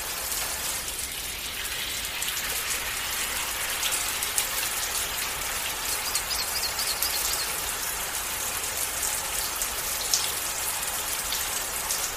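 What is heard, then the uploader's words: A gentle April shower patters steadily and densely, a soft continuous hiss of raindrops with tiny crisp ticks scattered throughout. Around the middle, faint high bird chirps flutter briefly in the background, and the rain's level stays even for the whole twelve seconds. Gentle April Showers, with light bird song in the background.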